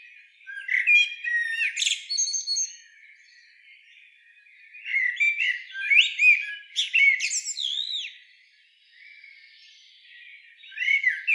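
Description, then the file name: Common blackbird sounds: scattered bursts of high squeaky twitters and curved whistled notes with short quiet stretches between them. "Turdus merula"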